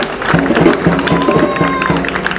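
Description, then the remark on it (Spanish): A crowd applauds a speaker from the Movimiento por la Unidad Latinoamericana y el Cambio Social, a dense wash of clapping with a rhythmic pulse of voices or cheering beneath it, holding at an even, loud level throughout. “Un fuerte aplauso para el compañero.”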